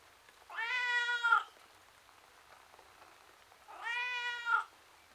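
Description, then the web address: Domestic cat giving two long plaintive meows about three seconds apart, each a rich wavering wail that peaks just before stopping. Miserable tom cat, male, outdoors. "BBC Sound Effects Library. Miserable Tom Cat"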